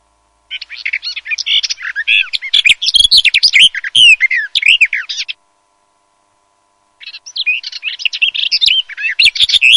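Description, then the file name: Garden warbler song: two sustained, babbling warbled phrases, the first about five seconds long, the second cut off by the end, with a quiet gap between them. "BECCAFICO"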